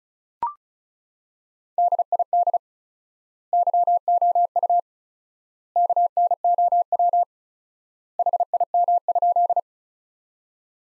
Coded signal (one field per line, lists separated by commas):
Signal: Morse code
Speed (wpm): 36 wpm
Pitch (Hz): 700 Hz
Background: none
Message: DID YOU KNOW HIM?